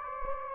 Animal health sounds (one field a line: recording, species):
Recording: mosquito wingbeat signal from an infrared sensor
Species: Anopheles gambiae